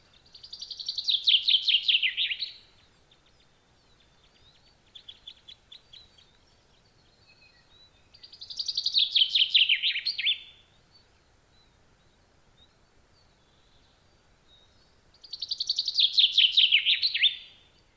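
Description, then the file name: Common chaffinch song: three bright, rattling phrases, each about two and a half seconds long, descending and ending in a quick flourish, repeated about every seven seconds, with soft chips between. "Fringilla coelebs"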